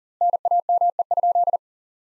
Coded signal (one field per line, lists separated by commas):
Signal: Morse code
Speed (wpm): 40 wpm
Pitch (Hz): 700 Hz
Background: none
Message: NAME?